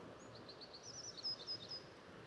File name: Anna's Hummingbird